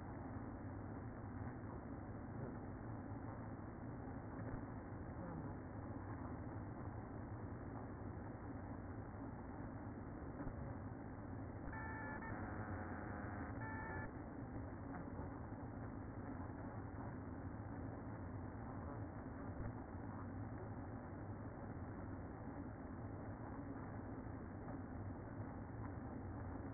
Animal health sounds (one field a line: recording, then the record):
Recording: honeybee colony, microphone inside the hive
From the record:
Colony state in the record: queen present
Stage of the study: after two queens were removed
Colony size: about 60,000 bees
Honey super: yes